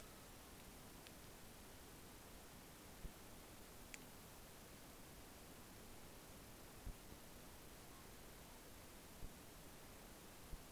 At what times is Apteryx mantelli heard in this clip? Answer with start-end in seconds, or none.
none